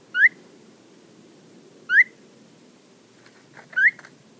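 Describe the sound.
Phainopepla giving three upslurred whistles spaced under two seconds apart, with faint broken notes of another sound just before the last one.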